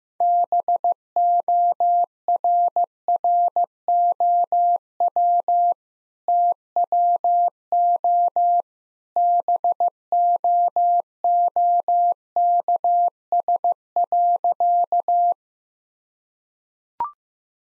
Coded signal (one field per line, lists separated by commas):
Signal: Morse code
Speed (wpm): 15 wpm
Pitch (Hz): 700 Hz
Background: none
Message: BORROW TWO BOOKS.